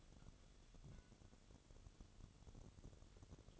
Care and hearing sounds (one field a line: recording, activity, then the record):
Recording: daily activity, microphone in the room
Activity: take from stove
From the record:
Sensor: 4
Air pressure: 1008.8 hPa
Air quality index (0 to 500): 123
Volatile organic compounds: 1 ppm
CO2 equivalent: 901 ppm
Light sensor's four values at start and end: 10/23/9/9 and 10/23/9/9